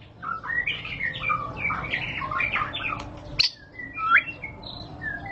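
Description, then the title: White-rumped shama singing a medley of warbled notes and short whistles, with a sharp click partway and a rising whistled note near the end. Lure recording (pancingan) of a high-quality caged bird song, much sought for use as a master tutor recording to train other caged birds. "Pancingan Murai Batu Berkelas Banyak Di Cari Buat Masteran"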